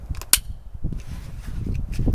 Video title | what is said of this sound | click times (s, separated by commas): Butler Creek Magazine for Savage A22 22 Magnum: Is it reliable? | put it in and rock it forward and hear an audible click | 0.3 s